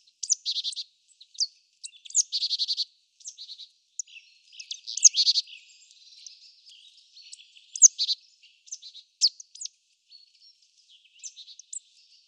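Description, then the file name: Marsh tit calls, harsh nasal buzzy notes in rapid runs early on, then scattered sharp high chips and short bursts at irregular intervals. "Poecile palustris"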